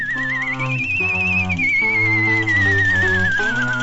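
A flying mortar's wavering whistle as it flies away rises briefly and then slowly falls in pitch over about four seconds, sounding steadily over sustained, shifting musical chords.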